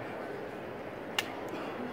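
A plastic brake pedal on the rear wheel of a Joolz Hub stroller is pressed to release the wheel lock. A single sharp click is heard at 1.2 s over a steady low background, and the brake is unlocked.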